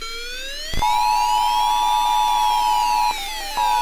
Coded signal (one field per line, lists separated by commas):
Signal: Emergency Alert System (SAME) tones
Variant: 853 and 960 Hz attention tone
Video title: TMYKs mini remake EAS Scenario Colorful Tornado Warning (REUPLOAD)